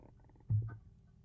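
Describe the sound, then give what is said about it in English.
A short, low, throaty belch bursts out suddenly into a microphone during a live broadcast, an accident, lasting about a third of a second with a rough, guttural rumble before quickly fading back to near silence. “Pardon me, that's me belching on the microphone live.”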